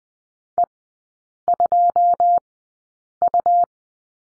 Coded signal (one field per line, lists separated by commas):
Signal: Morse code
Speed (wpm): 20 wpm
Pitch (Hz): 700 Hz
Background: none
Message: E2U